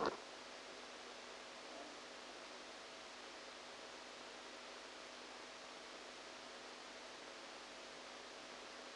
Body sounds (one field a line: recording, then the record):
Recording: brain microelectrode recording played as sound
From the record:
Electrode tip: outside the subthalamic nucleus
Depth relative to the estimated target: -10 mm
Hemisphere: right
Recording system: NeuroSet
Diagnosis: Parkinson's disease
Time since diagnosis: 14 years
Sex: male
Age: 51 years